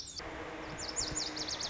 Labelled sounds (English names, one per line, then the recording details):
Lazuli Bunting
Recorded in Sonoma County, California